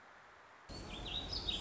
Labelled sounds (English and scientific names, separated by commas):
Warbling Vireo (Vireo gilvus)